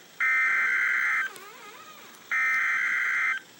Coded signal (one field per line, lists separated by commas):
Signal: Emergency Alert System (SAME) tones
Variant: header bursts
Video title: REAL EAS 795-Severe thunderstorm warning